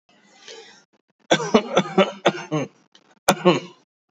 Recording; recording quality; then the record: shallow voluntary cough; excellent, no background noise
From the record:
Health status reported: healthy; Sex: male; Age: 59 years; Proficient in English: yes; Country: India